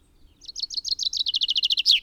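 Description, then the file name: Common chaffinch song phrase: evenly spaced high notes quicken into a steady trill, with a louder terminal note just starting at the end. "Fringilla coelebs"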